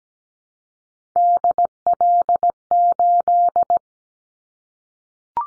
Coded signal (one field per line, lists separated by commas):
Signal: Morse code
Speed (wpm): 17 wpm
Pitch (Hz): 700 Hz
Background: none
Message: DL8